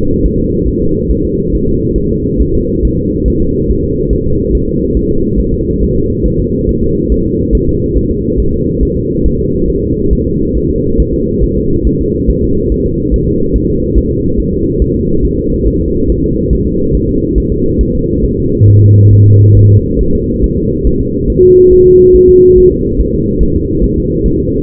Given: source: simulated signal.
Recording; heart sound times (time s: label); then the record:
fetal heart sounds
0.26 s: S1
0.40 s: S2
0.68 s: S1
0.82 s: S2
1.11 s: S1
1.25 s: S2
1.55 s: S1
1.69 s: S2
1.98 s: S1
2.12 s: S2
2.42 s: S1
2.56 s: S2
2.85 s: S1
2.99 s: S2
3.28 s: S1
3.42 s: S2
3.71 s: S1
3.84 s: S2
4.13 s: S1
4.27 s: S2
4.55 s: S1
4.69 s: S2
4.97 s: S1
5.11 s: S2
5.40 s: S1
5.54 s: S2
5.83 s: S1
5.96 s: S2
6.26 s: S1
6.40 s: S2
6.69 s: S1
6.83 s: S2
7.12 s: S1
7.26 s: S2
7.55 s: S1
7.69 s: S2
7.98 s: S1
8.11 s: S2
8.40 s: S1
8.54 s: S2
8.83 s: S1
8.97 s: S2
9.26 s: S1
9.40 s: S2
9.70 s: S1
9.84 s: S2
10.13 s: S1
10.27 s: S2
10.57 s: S1
10.71 s: S2
11.00 s: S1
11.14 s: S2
11.44 s: S1
11.58 s: S2
11.87 s: S1
12.01 s: S2
12.30 s: S1
12.44 s: S2
12.72 s: S1
12.86 s: S2
13.14 s: S1
13.28 s: S2
13.56 s: S1
13.70 s: S2
13.98 s: S1
14.12 s: S2
14.40 s: S1
14.54 s: S2
14.82 s: S1
14.96 s: S2
15.25 s: S1
15.39 s: S2
15.68 s: S1
15.81 s: S2
16.10 s: S1
16.24 s: S2
16.53 s: S1
16.67 s: S2
16.95 s: S1
17.09 s: S2
17.38 s: S1
17.52 s: S2
17.81 s: S1
17.95 s: S2
18.25 s: S1
18.39 s: S2
18.69 s: S1
18.83 s: S2
19.13 s: S1
19.27 s: S2
19.57 s: S1
19.71 s: S2
20.01 s: S1
20.15 s: S2
20.44 s: S1
20.58 s: S2
20.87 s: S1
21.01 s: S2
21.30 s: S1
21.44 s: S2
21.73 s: S1
21.87 s: S2
22.16 s: S1
22.29 s: S2
22.58 s: S1
22.72 s: S2
23.01 s: S1
23.15 s: S2
23.43 s: S1
23.56 s: S2
23.84 s: S1
23.98 s: S2
24.26 s: S1
24.40 s: S2
From the record:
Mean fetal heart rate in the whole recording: 140 bpm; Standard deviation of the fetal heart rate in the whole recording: 2 bpm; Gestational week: 34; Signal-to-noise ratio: -15.3 dB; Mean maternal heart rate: 72 bpm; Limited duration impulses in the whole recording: present